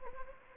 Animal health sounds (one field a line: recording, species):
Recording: mosquito wingbeat signal from an infrared sensor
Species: Anopheles gambiae